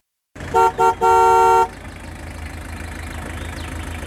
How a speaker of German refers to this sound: Der junge Mann, der wie verrückt gleich mehrmals auf die Hupe drückt, ist Heimo.